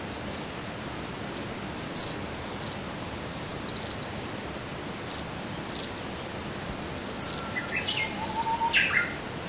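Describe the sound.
Long-tailed tit calling: scattered very high, thin notes at irregular intervals, with a few lower calls near the end, over a constant hiss.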